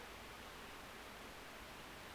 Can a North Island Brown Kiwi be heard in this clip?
no